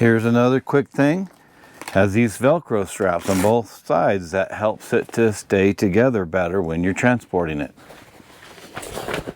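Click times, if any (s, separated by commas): none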